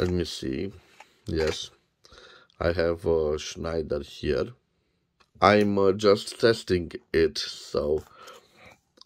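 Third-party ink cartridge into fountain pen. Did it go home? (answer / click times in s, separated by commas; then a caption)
no / none. A third-party Schneider ink cartridge is fitted into a fountain pen to test whether it is compatible, while someone talks over the sound. A few faint sharp ticks occur, but the cartridge goes in without a click and nothing has seated.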